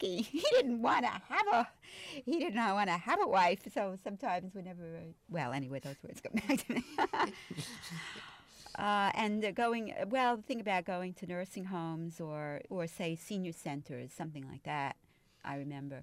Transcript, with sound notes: He didn't want to have a, he didn't want to have a wife." And so sometimes, whenever, well, anyway, those words come back to me. (They laugh.) Well, going, the thing about going to nursing homes or, say, senior centers, something like that, I remember,